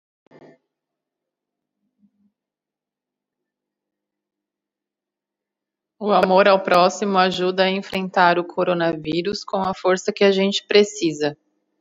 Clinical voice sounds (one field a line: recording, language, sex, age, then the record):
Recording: spoken sentence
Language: Brazilian Portuguese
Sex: female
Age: 40 to 49 years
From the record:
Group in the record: control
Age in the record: 40 years